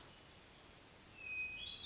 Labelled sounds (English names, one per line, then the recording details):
Hermit Thrush
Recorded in Sonoma County, California